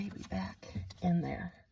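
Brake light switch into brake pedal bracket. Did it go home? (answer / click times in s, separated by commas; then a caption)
no / none. A brake light switch is being handled into its brake pedal bracket on a 2018 Dodge Ram pickup, replaced to fix an intermittent cruise control issue, about to be given a partial turn of about 1/8 of a turn to lock it in place. Someone talks throughout, with no distinct mechanical sounds heard. Nothing has seated or clicked yet in this clip.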